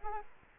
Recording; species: mosquito wingbeat signal from an infrared sensor; Anopheles arabiensis